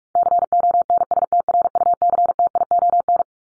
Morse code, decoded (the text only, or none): CONSTRUCTION